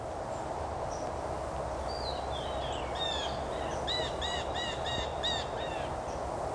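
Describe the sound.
Blue jay giving a run of arched notes, about five in quick succession midway, over steady low background noise.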